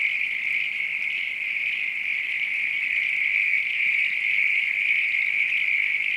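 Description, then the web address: Steady frog chorus of massed high trills, constant throughout. Night countryside ambience with frogs. "Sound Effects-Foundation AMBIENCE NIGHT COUNTRY FROGS RAIN FARM ANIMALS LOOP"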